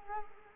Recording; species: mosquito wingbeat signal from an infrared sensor; Culex quinquefasciatus